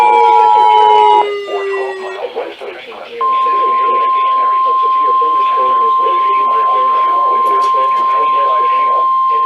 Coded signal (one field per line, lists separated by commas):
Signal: Emergency Alert System (SAME) tones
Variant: 853 and 960 Hz attention tone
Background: speech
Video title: NOAA Radio (EAS # 453-455) Alerts From 7/14-7/15